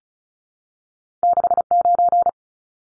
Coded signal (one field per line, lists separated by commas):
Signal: Morse code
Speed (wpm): 34 wpm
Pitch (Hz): 700 Hz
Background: none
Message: 69